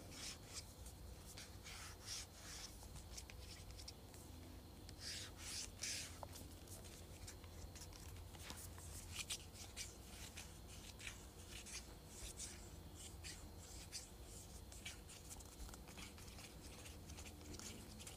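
Continuous scratching and rubbing on a perfume bottle, with frequent bright scrapes, occasional light taps, and a steady low hum underneath.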